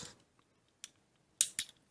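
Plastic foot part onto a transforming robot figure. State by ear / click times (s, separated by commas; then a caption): seated / 1.4 s. A plastic foot part is pressed onto a Make Toys Battle Tanker Series MT-05CS Battle Sentinel transforming robot figure. After a faint tick at 0.8 s, a sharp snap at 1.4 s is followed by a second click at 1.6 s. The part clicks home and is seated.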